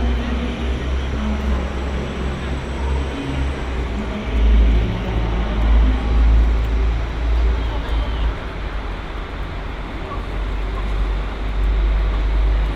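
Cologne Central Station hums with a steady deep rumble, probably a train engine, that swells from about four to eight seconds beneath faint chatter.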